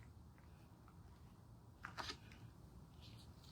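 A snap fastener is pressed together through an embroidered fabric sign, but it fails to click together. A brief burst of handling and pressing noise around 1.8–2.1 s stands out against a quiet background, and the snap has not clicked or seated.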